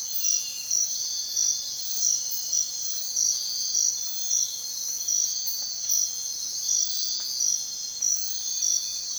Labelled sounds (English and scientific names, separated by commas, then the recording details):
none
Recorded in secondary vegetation near Puerto Asís, Putumayo, Colombia, on 23 June 2025 at 05:00
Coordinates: 0.499, -76.323
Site G077